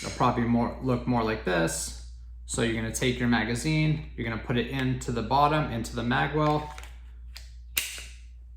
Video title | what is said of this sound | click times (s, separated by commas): Pistol 101 (For Beginners) Loading, Unloading, & Disassembly | and you hear the click. That typically means that it's in. | 7.8 s